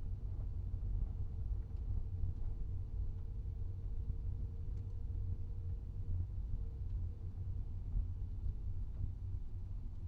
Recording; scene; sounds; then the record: everyday scene through a hearing-aid microphone; in a vehicle; engine, rumble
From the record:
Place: Skoda Fabia, gasoline engine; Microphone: in the ear canal, right